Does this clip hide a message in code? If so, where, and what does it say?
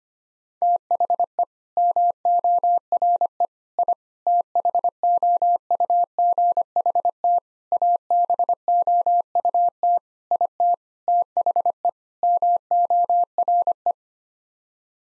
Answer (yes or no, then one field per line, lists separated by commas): yes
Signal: Morse code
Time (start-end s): 0.6-13.9 s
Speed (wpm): 25 wpm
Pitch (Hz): 700 Hz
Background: none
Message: THE MORE I THOUGHT ABOUT IT THE MORE